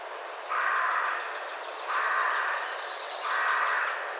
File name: Corvus corone